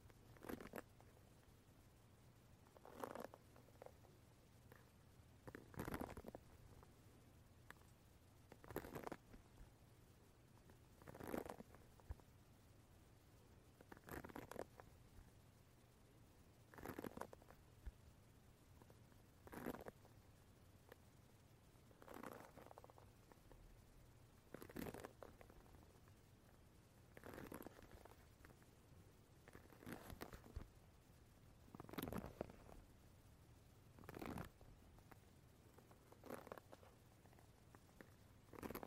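A wooden brush is tapped and touched in a slow, even rhythm, a firm knock about every two to three seconds with softer scratchy touches in between. A steady low hum runs underneath the whole time.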